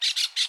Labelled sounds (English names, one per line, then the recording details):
Brown-throated Parakeet contact call
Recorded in Aruba
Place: hill w/tanki N of Savaneta
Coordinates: 12.461, -69.944